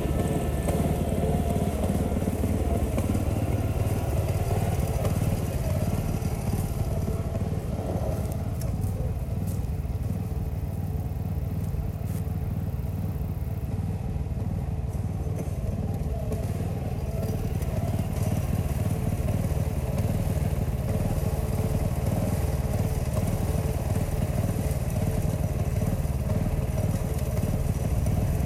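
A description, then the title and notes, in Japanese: A threshing machine strips rice straw bundles down to the grain, its motor running in a steady, dense low rumble for the whole stretch. A rattling clatter sits on top, with brief brighter shifts around the middle as the load changes. 機械音あり 天日干し米たちの脱穀。地主さんに譲っていただいた年代モノの脱穀機頑張ってくれています。干していた藁束を機械でモミだけにする作業です。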